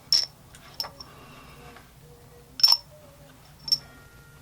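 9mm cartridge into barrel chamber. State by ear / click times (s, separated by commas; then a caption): seated / 2.6 s. A freshly reloaded 9mm round, loaded with a Hornady XTP 90 gr bullet and TiteGroup powder, is dropped into a pistol barrel's chamber or case gauge. Several short, sharp metallic ticks come first, then a louder clunk at 2.6 s as the round seats fully, followed by another tick. The cartridge passes the plunk and alignment test.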